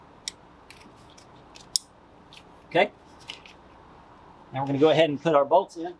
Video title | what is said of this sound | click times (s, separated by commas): How to Replace Spark Plugs on a Volkswagen Jetta GLI/GTI | and click these in | 0.3 s, 1.8 s